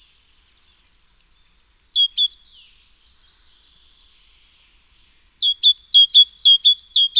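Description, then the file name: Great tit song: a thin high note, a brief two-note phrase at two seconds, faint twittering, then bright two-note phrases after five seconds, quickly repeated about twice per second. "Parus major"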